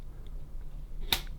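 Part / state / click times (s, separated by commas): LED backlight strip into the keyhole slots on a TV's metal back panel / seated / 1.1 s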